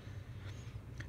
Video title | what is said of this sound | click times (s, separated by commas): How-to: Dell Inspiron 1750 Memory Install | we'll slide that down it'll pop into place with the pins now | 1.0 s